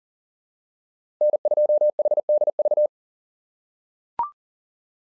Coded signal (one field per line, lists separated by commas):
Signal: Morse code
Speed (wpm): 39 wpm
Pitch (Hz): 600 Hz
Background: none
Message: N2HDV